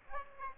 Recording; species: mosquito wingbeat signal from an infrared sensor; Aedes aegypti